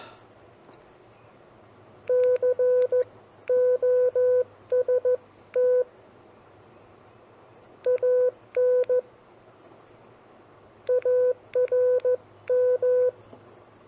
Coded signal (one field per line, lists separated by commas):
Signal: Morse code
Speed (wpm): 14 wpm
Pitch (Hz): 500 Hz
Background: none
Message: COST AN ARM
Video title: 5 Common Phrases for CW Copy Practice